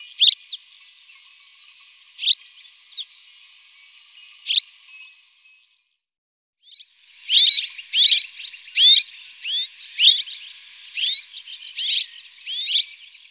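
Red-rumped swallow giving short sharp notes, scattered at first, then after a brief silence a dense run of quick chirps and twitters.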